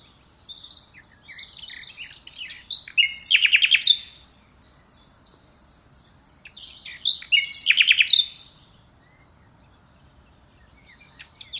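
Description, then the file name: Common nightingale singing two phrases: soft, high introductory notes building into a loud, rapid rattling trill, then a pause of a few seconds before a similar phrase repeats. "Luscinia megarhynchos"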